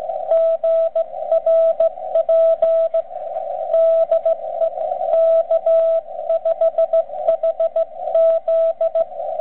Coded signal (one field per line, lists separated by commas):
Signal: Morse code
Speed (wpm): 17 wpm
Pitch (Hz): 660 Hz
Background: radio noise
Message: GRP DE K5HZ